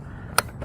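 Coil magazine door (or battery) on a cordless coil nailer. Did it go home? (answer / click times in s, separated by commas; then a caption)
yes / 0.4 s. After a nail coil is loaded into a cordless DeWalt roofing coil nailer, its coil magazine door is closed (or its battery is seated), giving one sharp, loud click at 0.4 s. A fainter sound follows near 0.6 s, and the door or battery is seated in place.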